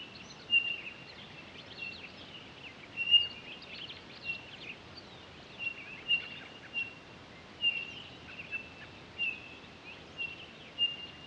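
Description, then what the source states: Townsend's solitaire calling: many pure, piping whistled notes on one pitch, with background hiss. Recorded 23 October 2011.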